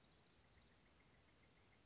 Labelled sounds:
Western Flycatcher
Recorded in Sonoma County, California

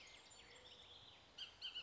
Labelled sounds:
Bullock's Oriole
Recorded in Sonoma County, California

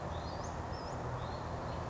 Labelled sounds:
Western Flycatcher
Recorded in Sonoma County, California

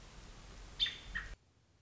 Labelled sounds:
American Robin
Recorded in Sonoma County, California

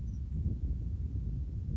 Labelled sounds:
Grasshopper Sparrow
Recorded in Sonoma County, California

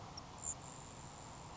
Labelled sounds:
Grasshopper Sparrow
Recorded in Sonoma County, California

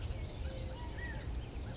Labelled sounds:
California Quail
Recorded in Sonoma County, California

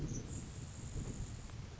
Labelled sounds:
Grasshopper Sparrow
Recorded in Sonoma County, California

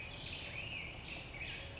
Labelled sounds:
Black-headed Grosbeak
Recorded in Sonoma County, California

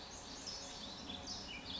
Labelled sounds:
California Towhee
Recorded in Sonoma County, California

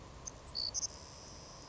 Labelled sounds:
Savannah Sparrow
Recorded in Sonoma County, California

